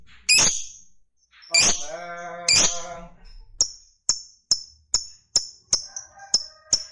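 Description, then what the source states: Lovebird calls: three harsh, grating notes, then a steady run of sharp, high chips. Fighter lovebird singing energetically (gacor).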